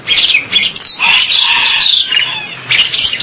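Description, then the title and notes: Bali myna singing loud, harsh, squealing notes run together into continuous scratchy phrases, with a short pause before a final burst. "Jalak Bali. Kicau Burung Jalak"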